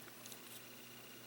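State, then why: Not seated. The plastic arms of a Fansproject M3 Car Crash and T-Bone transforming robot toy are being extended downward toward the torso, giving only faint, quiet plastic handling noise with a couple of light ticks near 0.3 seconds. Nothing has seated or clicked yet; the arm joints are not home when the clip ends.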